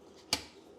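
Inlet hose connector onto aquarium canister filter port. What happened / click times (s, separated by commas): The plastic hose connector snapped into place / 0.3 s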